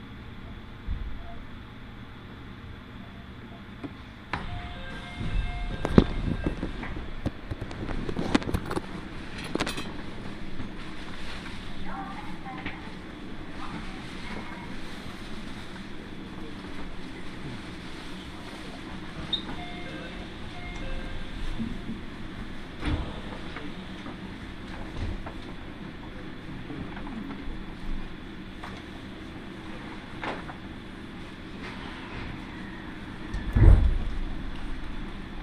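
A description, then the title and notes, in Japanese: A train on the Iida Line travels from Mikawa-Makihara toward Shinshu, a steady low rumble of the carriage running throughout. Sharp clanks and thumps of wheels and couplings break in, densest between about five and ten seconds, with a loud jolt near thirty-three seconds. 耳で楽しむ鉄道旅 飯田線 三河槇原→新城。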